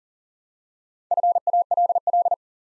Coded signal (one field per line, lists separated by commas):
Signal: Morse code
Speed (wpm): 38 wpm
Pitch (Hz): 700 Hz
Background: none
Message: FALL